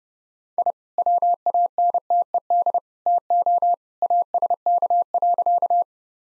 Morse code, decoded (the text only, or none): I WANTED TO ASK.